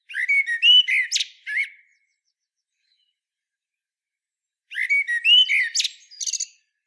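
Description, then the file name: Common blackbird song, two phrases about three seconds apart, each a rich fluting warble finishing with scratchy high-pitched twittered notes, otherwise quiet. "Turdus merula"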